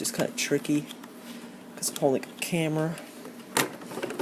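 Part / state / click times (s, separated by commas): plastic motor cover onto RC boat hull / seated / 3.6 s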